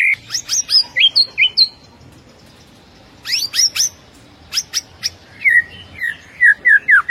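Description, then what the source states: White-rumped shama singing bright whistled phrases: quick chirps and sliding notes, a short pause, then sharp high notes and repeated falling whistles. Training track of rolling song with sharp piercing notes, the ngerol and nembak song styles.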